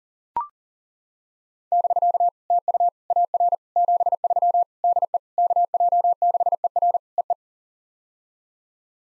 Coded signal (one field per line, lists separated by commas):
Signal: Morse code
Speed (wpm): 40 wpm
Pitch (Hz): 700 Hz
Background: none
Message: <BK> TU AR 73 DE KJ6ER EE